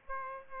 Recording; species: mosquito wingbeat signal from an infrared sensor; Aedes aegypti